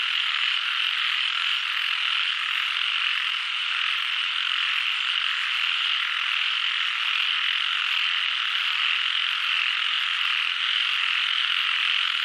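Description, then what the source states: Frog chorus: many callers blend into a continuous high, buzzing drone that holds evenly from start to finish. Frog chorus in Doi Suthep National Park, Thailand.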